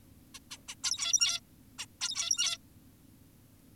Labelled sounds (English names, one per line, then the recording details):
Zebra Finch
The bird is an adult
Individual g17y2U